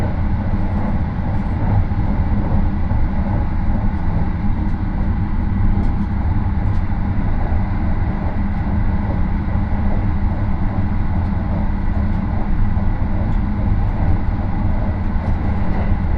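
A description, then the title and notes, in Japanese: Onboard the Rapid Marine Liner 40 on the Yosan Line from Takamatsu to Okayama, a deep, steady rumble fills the carriage with no pauses. Faint clicks and rattles surface every few seconds over the continuous low roar of the moving train. 予讃線 快速マリンライナー40号 高松→岡山。日も暮れてしまった。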